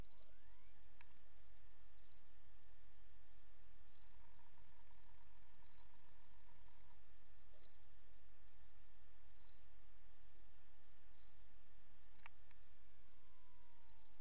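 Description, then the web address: Cricket giving regular short pulsed chirps roughly every two seconds, accompanied by faint continuous tones and a low hum. "Sabda Alam Crickets"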